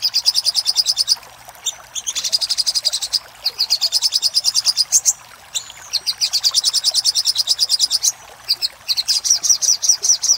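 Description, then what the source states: Little spiderhunter song, long fast runs of high, even chip notes broken by brief gaps. Master song for training cage birds; local name sogok ontong.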